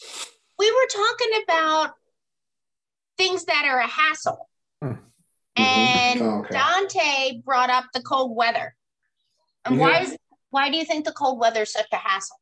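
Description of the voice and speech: A single adult speaks in a clear, fairly high-pitched voice at an easy pace, with natural pauses between phrases, and ends on a rising question. Articulation is crisp and voicing smooth, with no hoarseness or hesitations: ordinary fluent speech.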